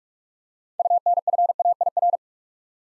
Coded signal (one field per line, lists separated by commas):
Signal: Morse code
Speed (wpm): 44 wpm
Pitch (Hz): 700 Hz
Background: none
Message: UNFAIR